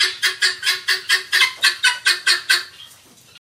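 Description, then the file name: Helmeted guineafowl giving about a dozen harsh, rhythmic notes in quick succession that fade away at the end. Calling the flock together. "Tieng ga sao keu goi bay"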